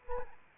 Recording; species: mosquito wingbeat signal from an infrared sensor; Anopheles arabiensis